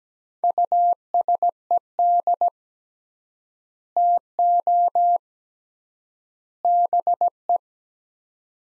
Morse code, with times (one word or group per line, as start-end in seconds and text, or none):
0.4-2.5 USED
4.0-5.2 TO
6.6-7.6 BE